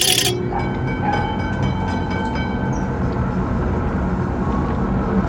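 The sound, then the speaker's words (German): A subway train rumbles past in a steady, dense low roar, with faint high metallic squeals over the rolling noise and no voices. “Keiner nimmt die U-Bahn. Denn 1952 gab es noch gar keine U-Bahn.”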